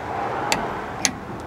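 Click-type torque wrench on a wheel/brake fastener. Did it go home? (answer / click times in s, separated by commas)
yes / 1.1 s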